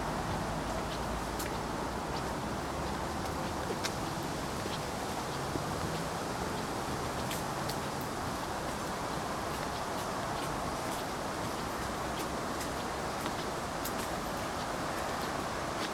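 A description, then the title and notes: Footsteps crossing a bridge in a Moscow park, set against a steady, dense roar like passing traffic that never lets up. Sharp little clicks and taps break through every second or so, scattered unevenly across the sixteen seconds. Walking through the bridge in Moscow Biryoulyovo Dendropark.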